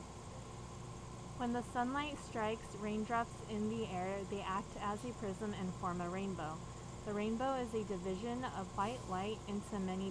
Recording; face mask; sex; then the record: reading aloud; surgical mask; female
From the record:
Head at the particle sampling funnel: turned sideways, cheek in front of it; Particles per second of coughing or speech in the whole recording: 0.0847